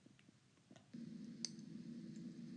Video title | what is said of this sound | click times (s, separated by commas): Department of Criminal Justice Training DOCJT Standing Handcuffing | you heard that click i gave him just a little bit because it was a little loose | 1.4 s